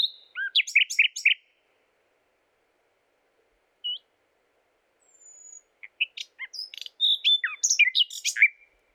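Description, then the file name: Common nightingale song phrases: a quick cluster of sharp chirps, a lone note, then a thin whistle and a jumble of varied rapid notes. "Luscinia megarhynchos"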